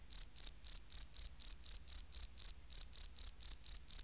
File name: Gryllus campestris